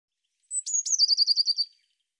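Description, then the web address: Bird song: a high thin note, two sharp downslurred chips, then a rapid trill of several notes falling slightly, lasting just over a second. "cianscape birddata Deverinetal 2025 File cleaned normalized Bird Cy Ca"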